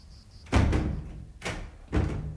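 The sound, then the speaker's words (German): A window being shut: a heavy wooden thud followed by two more solid knocks as the frame settles, loud and sharp against a quiet background, with no voices. “Mach das Fenster zu.”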